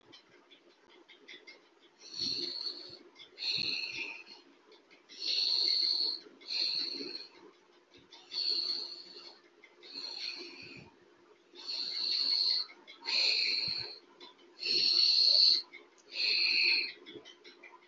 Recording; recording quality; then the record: deep breathing; excellent, no background noise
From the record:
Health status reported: healthy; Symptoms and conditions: none ticked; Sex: female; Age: 49 years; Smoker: not ticked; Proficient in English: yes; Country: India